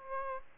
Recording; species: mosquito wingbeat signal from an infrared sensor; Aedes aegypti